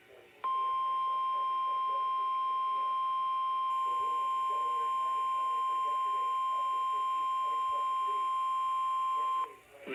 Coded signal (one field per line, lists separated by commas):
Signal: Emergency Alert System (SAME) tones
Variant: 1050 Hz attention tone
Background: speech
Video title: EAS #959 NWR's (WR-400/WR-300) PHI RWT (Last one for now bc school)/Unrecognized Message 8/16/23